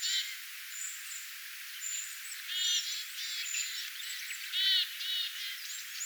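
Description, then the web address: Small birds calling in a flock, thin high chirps and short trilled notes scattered through, with a steady faint hiss behind. Calls of a flock of small birds, recorded 22 August 2025. "paivat 22 8 2025 pikkulintuparven aantelya"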